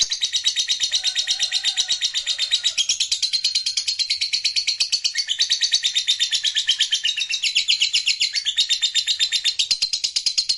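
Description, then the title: Lovebird song: a long, continuous stream of rapid high chirps and twitters, densely packed and unbroken, with a faint lower tone briefly underneath. Lovebird sound used to stimulate a lazy, quiet lovebird into eager, spontaneous singing. "LOVEBIRD Malas Bunyi JADI GREGET SPONTAN Langsung NARIK"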